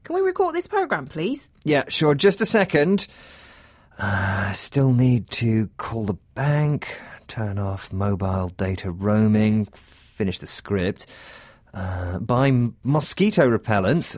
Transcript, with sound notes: Can we record this programme please?
Yes, sure, just a second. (Talking to himself) I still need to call the bank, turn off mobile data roaming, finish this script, buy mosquito repellent…